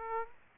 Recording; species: mosquito wingbeat signal from an infrared sensor; Aedes aegypti